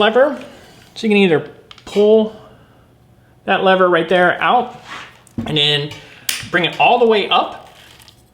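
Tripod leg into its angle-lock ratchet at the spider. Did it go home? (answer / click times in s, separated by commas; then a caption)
yes / 8.0 s, 8.1 s. A leg on an FLM CP30-S4 II carbon tripod has its leg-angle lever pulled out and is swung all the way up into the angle-lock ratchet at the spider. Someone talks throughout, and near the end the ratchet gives two quick clicks at 8.0 s and 8.1 s as the leg locks at its angle, seated.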